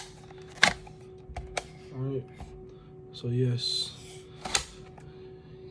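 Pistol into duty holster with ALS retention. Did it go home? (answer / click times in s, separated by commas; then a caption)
yes / 4.6 s. A Glock 21 Gen 5 MOS pistol is pushed down into a polymer duty holster modified to fit it, while someone talks and several sharp ticks sound early in the clip. The holster's ALS retention catches with a sharp click at 4.6 s, and the pistol is seated.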